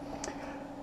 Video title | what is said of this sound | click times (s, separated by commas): Glenn's FL 41 Therapeutic Migraine Relief Lenses | It snaps right in. | 0.2 s